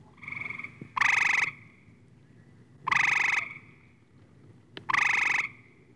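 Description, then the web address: Frog croaking, harsh rasping calls repeated roughly every two seconds, three loud ones with softer notes before the first. "лягушки"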